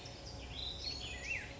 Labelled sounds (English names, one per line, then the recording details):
Black-headed Grosbeak
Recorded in Sonoma County, California